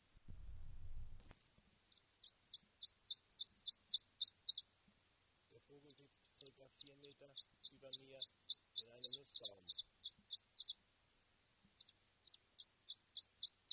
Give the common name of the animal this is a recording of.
Iberian Chiffchaff